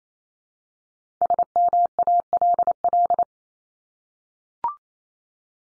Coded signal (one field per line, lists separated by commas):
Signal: Morse code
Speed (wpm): 28 wpm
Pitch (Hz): 700 Hz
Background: none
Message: SMALL